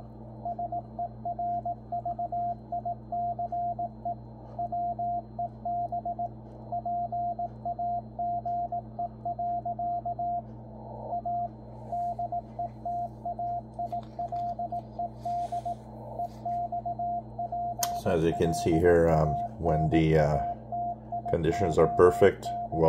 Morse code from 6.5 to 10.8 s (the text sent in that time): PAGE.